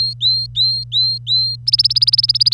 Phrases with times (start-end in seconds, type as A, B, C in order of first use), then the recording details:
0.01-1.56 A, 1.67-2.54 B. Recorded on 25 April 2018 at 09:43. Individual llb3